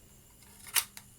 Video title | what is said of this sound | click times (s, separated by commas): Italian Carcano Cavalry Carbine Shooting and Bolt Disassembly (6.5x52mm Mannlicher-Carcano) | Again, push down till it clicks. | 0.8 s, 1.0 s